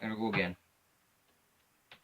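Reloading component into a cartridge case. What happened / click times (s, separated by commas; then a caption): A small component clicked into place in the case / 1.9 s. Someone talks briefly while reloading a .460 cartridge, seating a component, likely the primer or bullet, into the case. After a quiet pause, a single short, sharp click is heard at 1.9 s as the component clicks into place and is seated.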